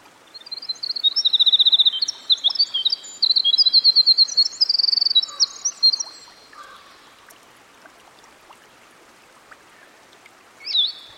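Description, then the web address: Winter wren song: a long, rapid, tumbling cascade of high tinkling notes and trills lasting about six seconds, then quiet background with a brief burst near the end. Winter wren singing by a stream. "Dan Gibson Songbirds By The Stream. Winter Wren"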